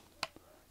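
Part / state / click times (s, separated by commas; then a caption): screwdriver bit into the bit holder of a cordless mini electric screwdriver / seated / 0.2 s. A small metal screwdriver bit is pushed into the magnetic bit holder of a PKEY cordless mini electric screwdriver. It snaps in with a sharp click at 0.2 s, followed by a faint softer tap at 0.4 s, and the bit is seated.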